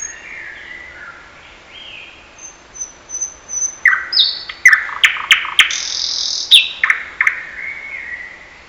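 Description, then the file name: Thrush nightingale song: thin high whistles and soft slurred notes, then a loud burst of sharp clicking strokes and rich whistled phrases in the second half. "Naktergal"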